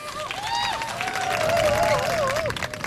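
audience applause

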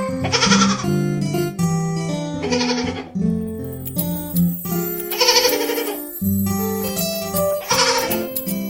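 baby goat bleating

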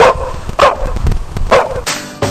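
dog barking

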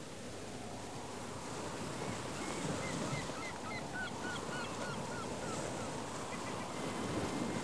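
ocean waves and wind

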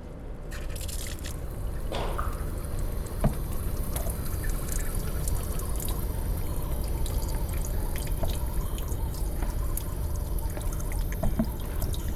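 river water trickling

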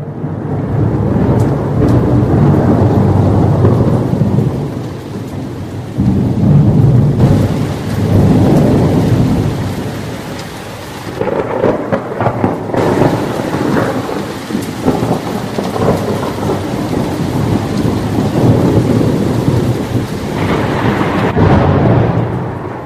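thunderstorm with heavy rain

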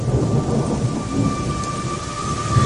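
heavy rain with thunder

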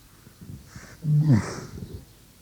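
yawning

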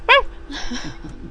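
dog whimpering and barking

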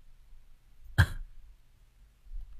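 cough

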